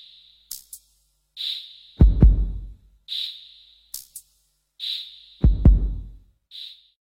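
Two deep, booming lub-dub heartbeat thumps sound about three and a half seconds apart. Short high electronic beeps and chirps fill the gaps. It is a slow, stylized heartbeat sound effect.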